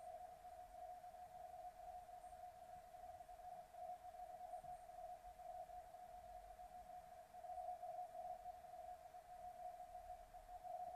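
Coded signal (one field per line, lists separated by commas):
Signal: RTTY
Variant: 50 baud, 85 Hz shift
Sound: continuous warbling tone near 700 Hz over hiss, rapid narrow-shift keying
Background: radio static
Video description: Here´s a short video clip where I´m receiving marine weather forecast on LF issued by the german marine weather service DWD (Deutscher Wetterdienst).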